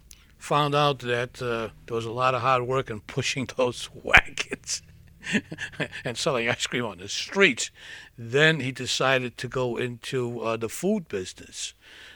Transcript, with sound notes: found out that there were a lot of hard work in pushing those wagons, (he laughs) and selling ice cream on the street, then he decided to go into the food business.